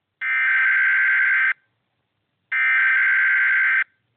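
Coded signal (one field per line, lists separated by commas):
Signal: Emergency Alert System (SAME) tones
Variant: header bursts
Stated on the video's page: Fictional Wartime Broadcasting Service EAS alert.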